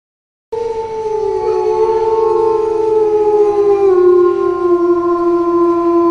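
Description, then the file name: Wolf howl, a single long tone starting after a short silence and gliding slowly downward in pitch with clear harmonics above. "Wolf Howling"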